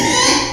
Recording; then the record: squeal of a Yucatan mini pig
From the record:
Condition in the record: before surgery on the right vocal fold (resection and tissue-engineered implant); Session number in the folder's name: 2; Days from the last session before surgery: 0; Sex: male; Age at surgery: 12 weeks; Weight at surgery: 13 kg